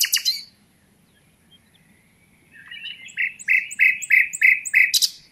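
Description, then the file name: Common nightingale song: a short harsh note, a silence, then a crescendo of repeated rich chooking notes about three per second. "Luscinia megarhynchos"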